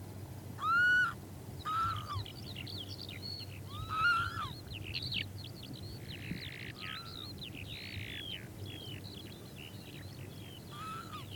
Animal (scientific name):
Vanellus vanellus